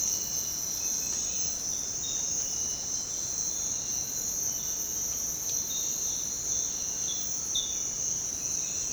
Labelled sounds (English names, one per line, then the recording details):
none
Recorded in secondary vegetation near Puerto Asís, Putumayo, Colombia, on 23 June 2025 at 06:00
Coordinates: 0.484, -76.319
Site G074